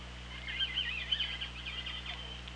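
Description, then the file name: Orca calls: wavering, warbling tones sliding up and down for about two seconds over a steady low hum and underwater hiss. OrcaLab hydrophone, 24 August 2017, 17:33. "Orca Lab UTLN JASON 20170824 173311"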